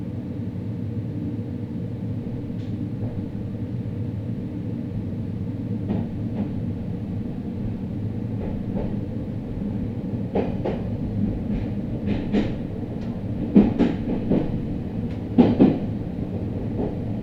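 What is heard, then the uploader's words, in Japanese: A Meitetsu train runs along the Inuyama and Hiromi lines, a steady low rumble filling the whole stretch. Short clicks and rattles from the wheels cut through irregularly, growing busier after about ten seconds, with a few sharp squeaks near fourteen and sixteen seconds. ガタンゴトンの旅。名古屋鉄道犬山・広見線 江南→布袋→新可児。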